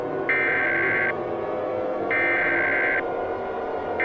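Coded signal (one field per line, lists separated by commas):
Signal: Emergency Alert System (SAME) tones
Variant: header bursts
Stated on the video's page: Simulated EAS scenario, not a real broadcast, may contain valid tones.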